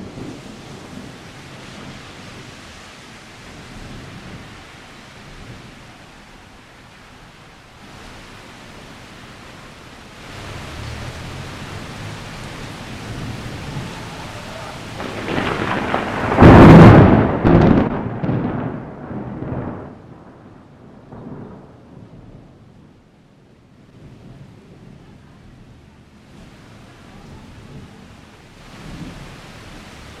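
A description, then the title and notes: Thunder rolls over steady rain, a low rumble building from about ten seconds. A sharp crack hits near sixteen seconds, followed by a few quick rumbling bursts that fade by twenty-two seconds, leaving quieter rain and a softer rumble toward the end. Thunder and rain.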